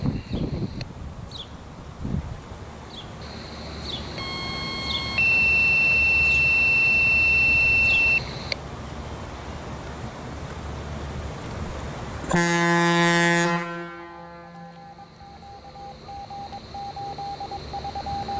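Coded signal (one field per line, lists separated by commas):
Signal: two-tone page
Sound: short lower tone, then a long high steady tone about three seconds, then a horn blast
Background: outdoor ambience, horn blast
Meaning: Fire department alert tones sent as a daily radio test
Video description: record Rocky Hill's recently restored Diaphones at Station 1 as well sound for their daily 6pm blast with a radio test and tones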